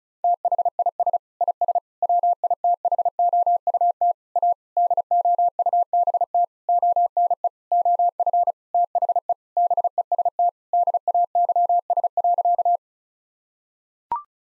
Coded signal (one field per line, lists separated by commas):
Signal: Morse code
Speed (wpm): 36 wpm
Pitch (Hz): 700 Hz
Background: none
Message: THIS IS WITHOUT A DOUBT ONE OF THE BEST DAYS.